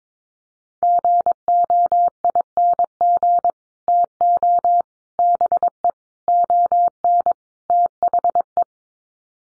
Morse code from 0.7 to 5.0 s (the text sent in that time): GOING TO